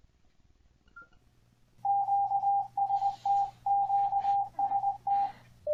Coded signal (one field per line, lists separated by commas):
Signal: Morse code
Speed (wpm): 20 wpm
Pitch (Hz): 800 Hz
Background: none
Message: QST QST